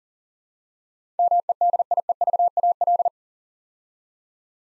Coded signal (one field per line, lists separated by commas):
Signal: Morse code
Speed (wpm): 38 wpm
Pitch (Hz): 700 Hz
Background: none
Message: MEDIEVAL